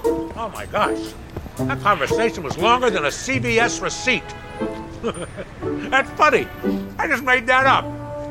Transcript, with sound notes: Oh, my gosh. That conversation was longer than a CVS receipt. (Laughter) That's funny. I just made that up.